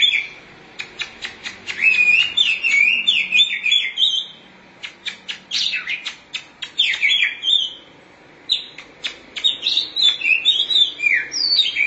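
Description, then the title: Oriental magpie-robin song mixing fast sharp clicking notes with sweet warbled phrases, pausing briefly before resuming. Chirping song. "Suara Kicauan Burung Kacer"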